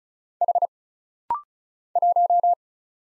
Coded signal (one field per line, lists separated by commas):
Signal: Morse code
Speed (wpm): 35 wpm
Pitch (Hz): 700 Hz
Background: none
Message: H 1